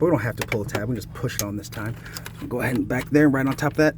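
A braided PCV hose with a plastic quick-connect end, with serrated plastic sheathing, is being positioned to push straight onto its fitting at the back of a 2009 Chevy Traverse engine without pulling the release tab. Someone talks throughout, and nothing has seated or clicked yet by the end of the clip.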